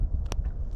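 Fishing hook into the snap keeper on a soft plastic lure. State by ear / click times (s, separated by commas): seated / 0.3 s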